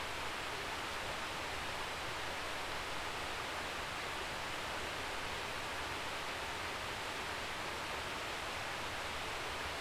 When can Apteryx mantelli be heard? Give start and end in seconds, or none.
none